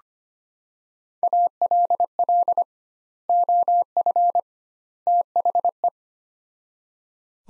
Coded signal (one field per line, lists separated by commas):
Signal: Morse code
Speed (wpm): 25 wpm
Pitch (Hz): 700 Hz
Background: none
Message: ALL OF THE